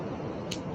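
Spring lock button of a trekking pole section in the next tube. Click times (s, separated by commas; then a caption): 0.5 s. A section of a TUOBEIS TBS-006 trekking pole is pulled out until its spring lock button pops up through the hole in the next tube. The button snaps into place with a single sharp click at 0.5 s over a steady low background. The segment is locked in place.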